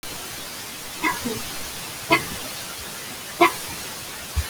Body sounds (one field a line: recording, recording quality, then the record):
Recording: shallow voluntary cough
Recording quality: moderate, slight background noise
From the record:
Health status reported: healthy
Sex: female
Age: 23 years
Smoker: no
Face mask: worn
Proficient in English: yes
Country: India